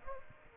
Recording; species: mosquito wingbeat signal from an infrared sensor; Aedes aegypti